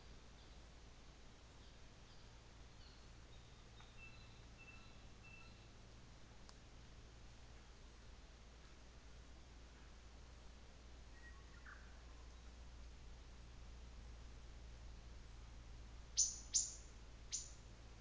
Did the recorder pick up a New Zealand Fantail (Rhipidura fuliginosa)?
no